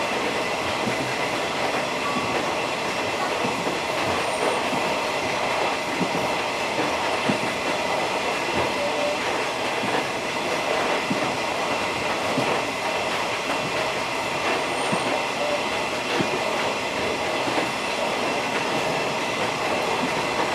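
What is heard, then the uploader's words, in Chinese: Inside a slow, old-style passenger train running along a coastal mountain line, with a steady, dense rumble of wheels and carriage throughout. Faint rhythmic clicks from the rails recur every second or two, and thin high squeals appear briefly now and then over the constant roar. 鐵道、普快車、藍皮解憂號、隧道、南迴線。設備：Tascam DR-40x。搭乘藍皮解憂號由台東車站回枋寮車站，路途經過南迴線。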